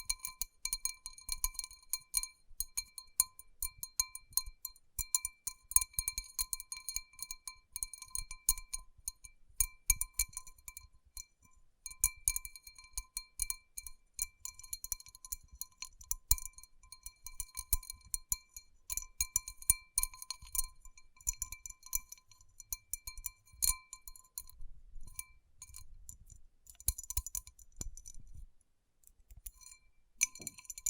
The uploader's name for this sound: Tapping & Rubbing Rhinestone Covered Palms